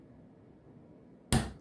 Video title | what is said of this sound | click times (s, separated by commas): Insert Torque Testing | and that's the click | 1.3 s